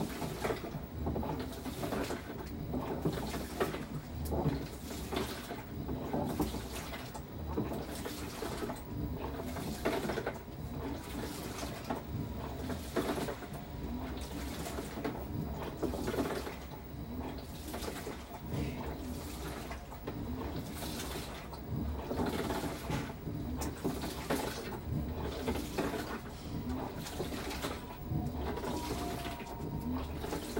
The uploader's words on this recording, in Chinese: 洗衣機。轉一轉洗一洗。